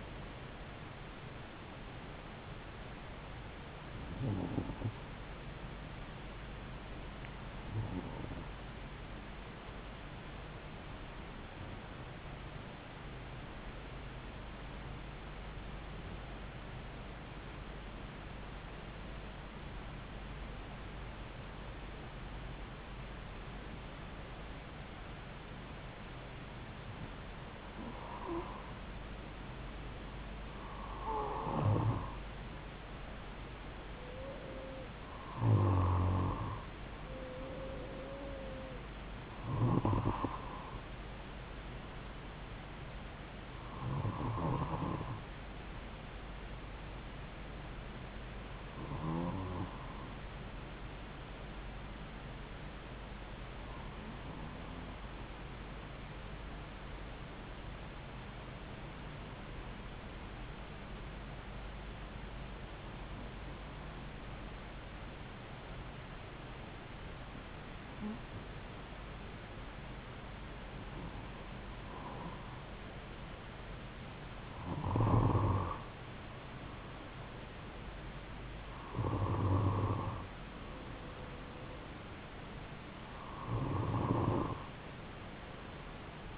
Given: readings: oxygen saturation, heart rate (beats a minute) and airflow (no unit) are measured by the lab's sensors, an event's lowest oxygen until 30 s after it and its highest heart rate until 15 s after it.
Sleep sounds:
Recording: breathing in sleep by a voice recorder at the bedside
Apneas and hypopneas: 2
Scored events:
11.00-32.90 s: hypopnea (N1, oxygen 95% highest, then 91% lowest)
23.00-86.38 s: new sleep stage, N2 (light sleep)
53.00-76.60 s: hypopnea (N2, oxygen 95% highest, then 92% lowest)
From the record:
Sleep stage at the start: N1 (lightest sleep)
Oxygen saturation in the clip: 91 to 95%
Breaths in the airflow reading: 21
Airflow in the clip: -4.0 to 4.4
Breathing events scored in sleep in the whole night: 270 in 6.1 hours asleep

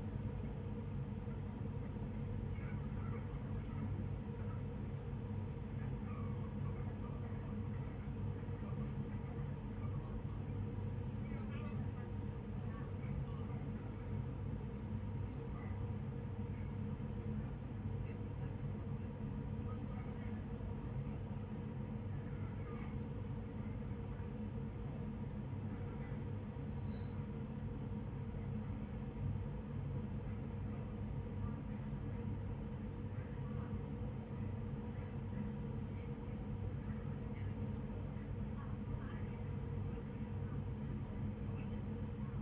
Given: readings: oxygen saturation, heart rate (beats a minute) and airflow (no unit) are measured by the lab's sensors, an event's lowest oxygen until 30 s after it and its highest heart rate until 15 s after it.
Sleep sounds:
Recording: a person awake in a sleep study, by a smartphone at the bedside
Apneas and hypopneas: none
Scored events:
0.00-42.42 s: awake
From the record:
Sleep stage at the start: awake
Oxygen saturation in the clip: 95 to 96%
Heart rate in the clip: 52 to 66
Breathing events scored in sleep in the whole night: 35 in 6.9 hours asleep

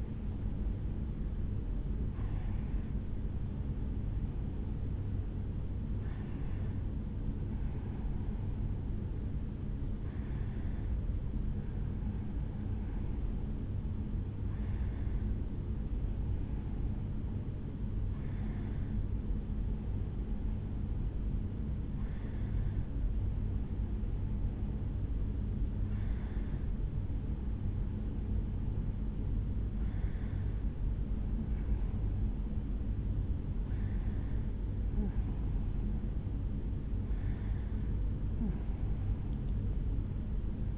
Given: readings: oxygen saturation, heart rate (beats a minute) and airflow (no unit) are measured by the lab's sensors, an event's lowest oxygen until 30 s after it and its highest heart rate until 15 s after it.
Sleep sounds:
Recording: a person awake in a sleep study, by a smartphone at the bedside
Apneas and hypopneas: none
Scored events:
0.00-40.77 s: awake
From the record:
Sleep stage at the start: awake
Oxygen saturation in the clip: 92 to 94%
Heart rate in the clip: 68 to 74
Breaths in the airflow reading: 10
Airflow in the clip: -3.9 to 3.2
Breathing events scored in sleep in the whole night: 449 in 7.0 hours asleep

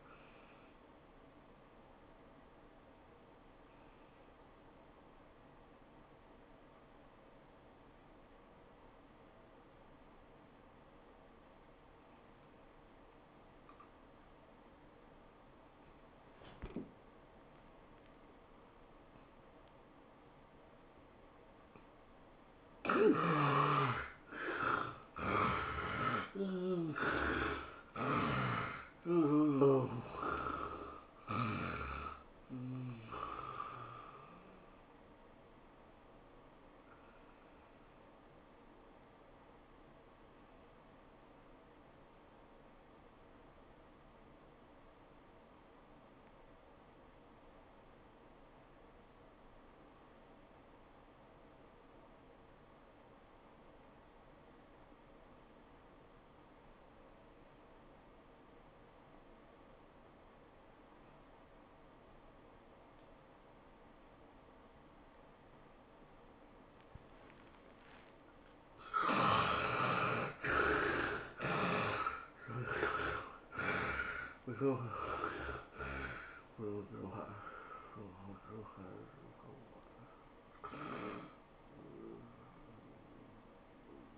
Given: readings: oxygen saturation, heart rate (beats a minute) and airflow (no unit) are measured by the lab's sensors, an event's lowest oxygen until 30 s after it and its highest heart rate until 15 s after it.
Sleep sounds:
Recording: breathing in sleep by a voice recorder at the bedside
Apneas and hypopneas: 2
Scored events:
3.00-24.80 s: hypopnea (N1, oxygen 95% highest, then 76% lowest, heart rate 95 at the start, 103 highest)
46.00-69.90 s: obstructive apnea (N2, oxygen 97% highest, then 68% lowest, heart rate 84 at the start, 103 highest)
46.00-76.00 s: new sleep stage, N2 (light sleep)
76.00-84.18 s: new sleep stage, N1 (lightest sleep)
From the record:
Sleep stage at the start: N1 (lightest sleep)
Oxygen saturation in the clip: 71 to 97%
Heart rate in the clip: 64 to 103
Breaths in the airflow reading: 9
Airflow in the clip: -15.2 to 11.2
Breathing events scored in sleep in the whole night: 403 in 5.5 hours asleep

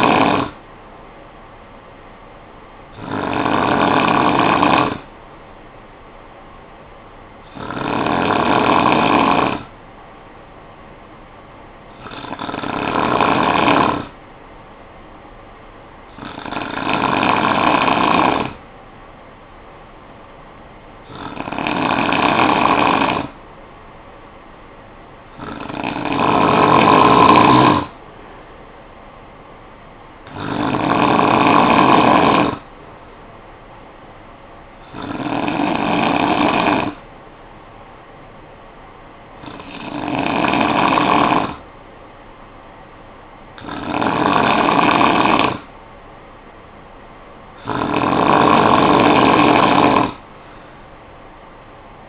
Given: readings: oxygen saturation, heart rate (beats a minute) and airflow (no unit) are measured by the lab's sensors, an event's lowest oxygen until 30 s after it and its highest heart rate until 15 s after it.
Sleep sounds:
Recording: breathing in sleep by a voice recorder at the bedside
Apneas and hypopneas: 1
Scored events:
7.00-24.10 s: hypopnea (N2, oxygen 96% highest, then 91% lowest, heart rate 58 at the start, 61 highest)
From the record:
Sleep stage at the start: N2 (light sleep)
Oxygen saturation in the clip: 91 to 96%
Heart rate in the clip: 54 to 61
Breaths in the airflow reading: 12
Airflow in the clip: -9.6 to 4.8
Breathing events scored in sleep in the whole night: 445 in 7.6 hours asleep

